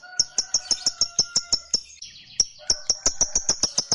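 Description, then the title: Lovebird: bird giving sharp high chirps in a rapid series, a short pause midway, then the series resumes. Fighter lovebird giving a long chatter, called ngekek panjang. "Begitu Dengar Suara Lovebird FIGHTER NGEKEK PANJANG"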